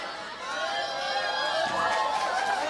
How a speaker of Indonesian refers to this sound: Ternyata banyak orang di belakang.